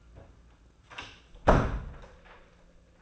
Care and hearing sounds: daily activity, microphone in the room; close door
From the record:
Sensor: 2

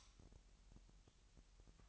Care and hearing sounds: daily activity, microphone in the room; light off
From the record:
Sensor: 3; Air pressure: 1001.8 hPa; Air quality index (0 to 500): 246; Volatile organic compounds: 48 ppm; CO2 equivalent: 3264 ppm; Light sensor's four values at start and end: 12/32/13/12 and 12/32/13/12

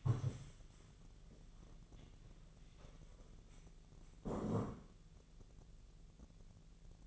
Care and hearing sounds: daily activity, microphone in the room; stand up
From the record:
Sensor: 4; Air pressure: 1001.2 hPa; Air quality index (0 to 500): 182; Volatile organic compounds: 2 ppm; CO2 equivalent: 1302 ppm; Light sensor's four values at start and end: 14/33/13/14 and 14/33/13/14

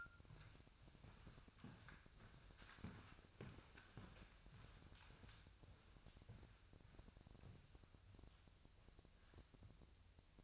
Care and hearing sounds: daily activity, microphone in the room; walk to room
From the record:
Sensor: 2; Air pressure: 999.3 hPa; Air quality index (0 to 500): 193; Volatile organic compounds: 26 ppm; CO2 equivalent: 2854 ppm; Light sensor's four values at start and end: 7/16/7/7 and 7/17/7/7

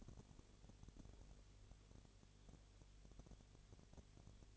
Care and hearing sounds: daily activity, microphone in the room; no activity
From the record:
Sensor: 4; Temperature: 22.6 degrees Celsius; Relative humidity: 32.0%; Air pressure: 1008.1 hPa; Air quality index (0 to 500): 114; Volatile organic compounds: 2 ppm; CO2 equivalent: 1103 ppm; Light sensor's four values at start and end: 2/3/1/1 and 2/3/1/1

